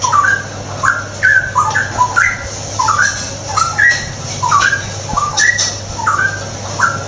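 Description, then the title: Straw-headed bulbul singing a series of rich, liquid whistled notes that rise and tumble in short bursts, with a constant low hum behind. Tutoring song (masteran) for caged birds; rapid, frequent singing (ropel gacor). "mster Mnuk. Masteran Burung CUCAK ROWO. Cucak Rowo Ropel Gacor"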